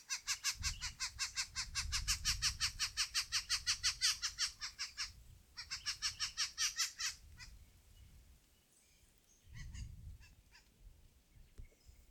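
Western red-legged thrush: a long run of grating chatter notes, then shorter runs that fade away, with low rumbling noise underneath.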